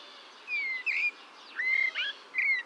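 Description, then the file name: Eurasian blackbird giving a few drawn-out whistled and slurred notes. "Turdus merula"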